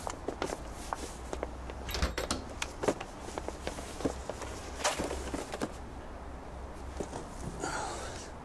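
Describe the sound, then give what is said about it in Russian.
A large key with holes scrapes and clicks as it is turned twice counterclockwise in the lower lock, followed by the clack of the door handle being pushed down and the door opening, with scattered metallic taps and soft shuffling. “Нижний, в нижний. Нижний? 2 против часовой. Вот так. И ручку вниз.”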